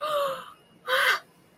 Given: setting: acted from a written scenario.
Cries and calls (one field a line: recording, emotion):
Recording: vocal sound without words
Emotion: elation